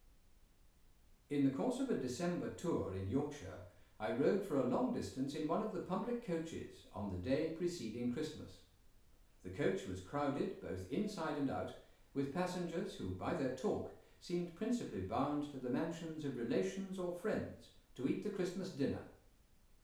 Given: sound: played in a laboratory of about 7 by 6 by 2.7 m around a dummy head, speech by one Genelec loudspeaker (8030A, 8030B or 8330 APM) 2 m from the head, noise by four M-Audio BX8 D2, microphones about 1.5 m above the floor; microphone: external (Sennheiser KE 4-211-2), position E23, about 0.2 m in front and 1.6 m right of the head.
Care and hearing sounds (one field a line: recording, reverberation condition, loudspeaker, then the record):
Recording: male speech in English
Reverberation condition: medium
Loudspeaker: 30 degrees to the right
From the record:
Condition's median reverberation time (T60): about 510 ms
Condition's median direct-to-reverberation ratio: about -0.5 dB